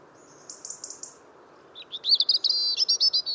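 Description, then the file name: European robin: a thin, high stuttered note series, then a quick burst of sharp, jangling whistles and rattling trills. "Erithacus rubecula"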